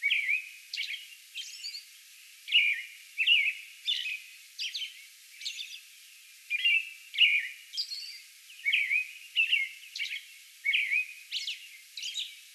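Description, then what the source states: American robin delivering a steady run of warbled, slurred phrases, grouped in twos and threes with short pauses, plus high-pitched squeaky notes. Song bout on May 11.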